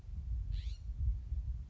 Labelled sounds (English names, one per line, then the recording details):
California Scrub-Jay
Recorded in Sonoma County, California